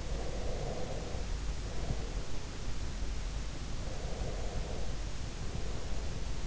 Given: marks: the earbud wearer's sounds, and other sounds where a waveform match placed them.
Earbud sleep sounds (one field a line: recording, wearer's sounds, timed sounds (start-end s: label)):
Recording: sounds in sleep by an in-ear microphone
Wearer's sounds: breath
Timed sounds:
0.10-2.57 s: breath
3.74-6.47 s: breath